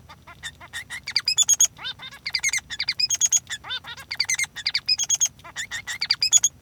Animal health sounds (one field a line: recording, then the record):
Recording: song of a male Bengalese finch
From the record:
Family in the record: son of father 3